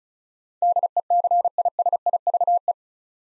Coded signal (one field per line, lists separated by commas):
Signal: Morse code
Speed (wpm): 36 wpm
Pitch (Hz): 700 Hz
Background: none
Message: DECISIVE